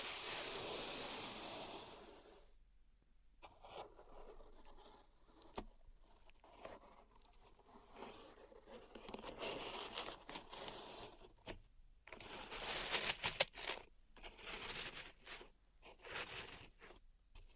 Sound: Pink Salt Zen Garden Triggers